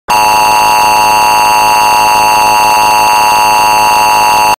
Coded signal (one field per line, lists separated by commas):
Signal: Emergency Alert System (SAME) tones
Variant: 853 and 960 Hz attention tone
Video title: Next ENTRY for a ytp eas collab